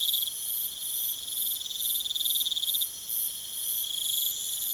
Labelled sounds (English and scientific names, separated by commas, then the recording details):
none
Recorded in pastures near Puerto Asís, Putumayo, Colombia, on 22 June 2025 at 21:30
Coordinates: 0.486, -76.323
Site H29